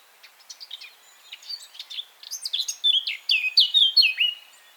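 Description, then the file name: Eurasian blackcap song: a soft, scratchy warble that builds in loudness and ends in clear, fluty, descending whistles. "Sylvia atricapilla"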